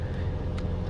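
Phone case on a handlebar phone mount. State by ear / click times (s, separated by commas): seated / 0.6 s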